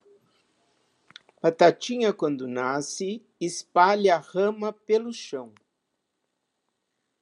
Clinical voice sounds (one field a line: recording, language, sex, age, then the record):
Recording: short text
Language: Brazilian Portuguese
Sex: female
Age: 70 to 79 years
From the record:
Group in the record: control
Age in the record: 71 years